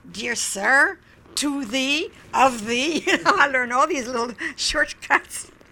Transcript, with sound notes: "Dear Sir," "to the," "of the." ( she laughs ) I learned all these little shortcuts.